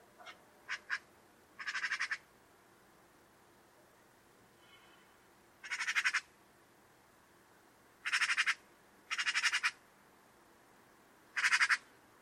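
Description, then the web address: Bird giving coarse, grating call bursts. A few brief notes come first, then longer rasps every few seconds. "Deverinetal 2025 File origin Bird Only"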